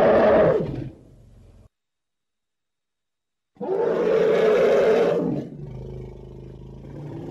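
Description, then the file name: Elephant roaring in two harsh bursts, a short one at the start and a longer one after a silent gap, trailing into a low rumble. "Tieng voi keu"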